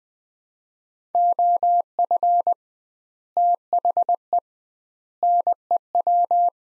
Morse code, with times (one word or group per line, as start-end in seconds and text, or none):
1.1-2.5 OF
3.4-4.4 THE
5.2-6.5 NEW